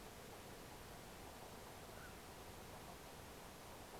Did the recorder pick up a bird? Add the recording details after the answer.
yes. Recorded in France